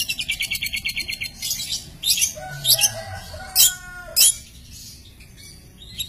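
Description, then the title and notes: Long-tailed shrike song: a fast high trill, then harsh scratchy notes mixed with lower steady whistles, fading to quiet chips. Masteran recording of assorted chirping birdsong, used for training songbirds. "cendet_05. Bermacam macam suara kicauan burung Masteran"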